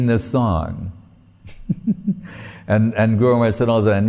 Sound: laughing